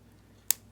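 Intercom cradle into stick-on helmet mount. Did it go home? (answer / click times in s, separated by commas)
yes / 0.5 s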